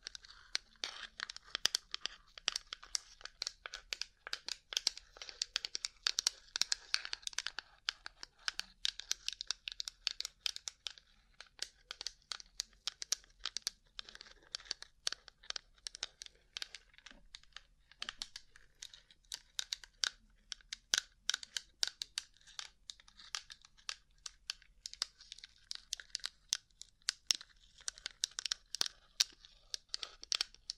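Rhinestone covered tapping: dense, rapid, bright clicks and crinkly scratches run steadily throughout, with brief sparser stretches around 11 and 20 seconds.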